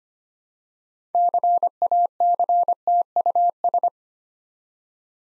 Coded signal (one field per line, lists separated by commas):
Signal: Morse code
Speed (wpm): 25 wpm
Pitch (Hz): 700 Hz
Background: none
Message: CACTUS